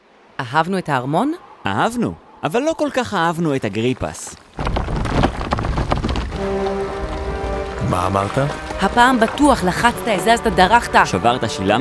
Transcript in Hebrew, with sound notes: אהבנו את הארמון?
אהבנו. אבל לא כל כך אהבנו את אגריפס.
(נשמע רעש אדמה, אבנים נופלות) מה אמרת?
הפעם בטוח לחצת, הזזת, דרכת,
שברת שילמת?